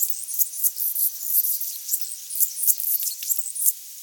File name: Calypte anna - Anna's Hummingbird